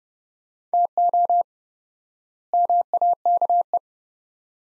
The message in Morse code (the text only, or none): TO MAKE